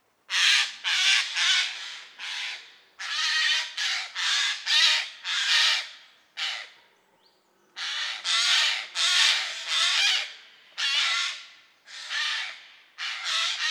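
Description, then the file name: Eurasian jay delivering a long series of loud, rasping screeches, broken by a short pause before the harsh calls resume. "geai des chenes"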